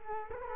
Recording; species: mosquito wingbeat signal from an infrared sensor; Culex quinquefasciatus